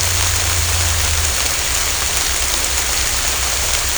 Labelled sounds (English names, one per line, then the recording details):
none
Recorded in secondary vegetation near Puerto Asís, Putumayo, Colombia, on 26 December 2024 at 11:30
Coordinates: 0.499, -76.323
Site G010